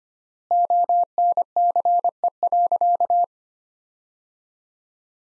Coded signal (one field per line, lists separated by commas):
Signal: Morse code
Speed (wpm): 25 wpm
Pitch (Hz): 700 Hz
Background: none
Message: ONCE.